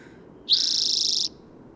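Bird call: a single flat, buzzy note held for under a second, high-pitched and even, in a quiet background.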